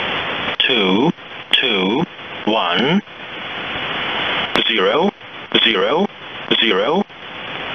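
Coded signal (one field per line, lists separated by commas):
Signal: numbers station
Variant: E07, English male voice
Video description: 3-digit ID/Group count: (0:10)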